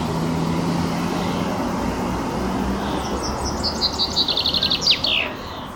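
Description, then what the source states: Common chaffinch song: a descending series of high repeated notes ending in a sharp flourish, after a steady low engine-like hum. Male.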